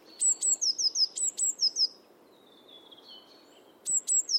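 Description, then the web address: Bird calling in a long burst of high, thin, sharply down-slurred notes, then a faint lower whistle and a pause before a shorter second burst. "cianscape birddata Deverinetal 2025 Bird Only"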